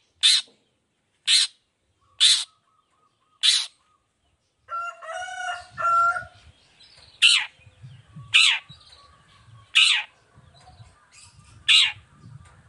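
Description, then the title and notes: Long-tailed shrike song, four sharp rasping notes spaced about a second apart, then a brief tonal harmonic sound with low rumble, followed by more harsh notes. Cendet singing gacor (nonstop) in the morning with 'toet toet' voice variations; offered as a clear, varied song for other cendet to imitate. "Cendet Gacor Dor Di Kala Pagi Toet Toet Variasi Suara. Efektif Cendet Gacor Suara Jernih Full Variasi Sangat Mudah Di Tiru Cendet Jenis Apapun. Burung cendet"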